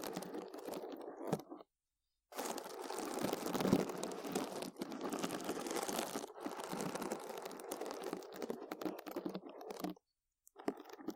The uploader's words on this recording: ASMR Deep Brain Scratching（No Talking）.